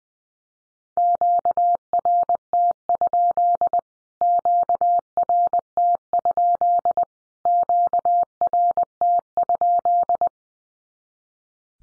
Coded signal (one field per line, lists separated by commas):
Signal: Morse code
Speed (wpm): 20 wpm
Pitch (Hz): 700 Hz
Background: none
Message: QRT? QRT? QRT?